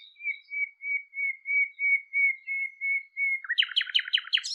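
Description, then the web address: Bird call: steady whistled notes repeated about three times a second, then switching to a fast harsh series of chirps. "cianscape birddata Deverinetal 2025 Bird Lu Me Lu Me"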